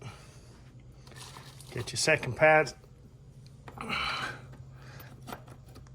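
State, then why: Not seated. The second metal-backed rear brake pad is slid into the rear brake caliper of a Yamaha T700 motorcycle until its back edge sits in place, before being pushed home. Someone talks while bright scraping and sliding sounds rise around 2.0–2.7 s and again near 4.0 s, with a few small ticks between. Nothing has seated or clicked yet.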